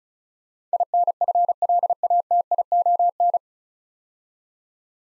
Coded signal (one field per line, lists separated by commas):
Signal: Morse code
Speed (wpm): 36 wpm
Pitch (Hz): 700 Hz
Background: none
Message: INFLATION